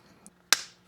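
On a Lexus GX460, the second retaining clip of the third brake light housing is pushed home into the plastic hatch trim panel and seats with a sharp snap at 0.5 s. A faint tick comes at 0.3 s, and another loud sharp hit follows at 0.9 s.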